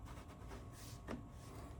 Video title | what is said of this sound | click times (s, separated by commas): ROYOBI ONE + 18V Blower Unboxing and Demo | Just like that, and it locks in place just like that. | 1.1 s